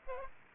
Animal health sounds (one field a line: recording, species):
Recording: mosquito wingbeat signal from an infrared sensor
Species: Aedes aegypti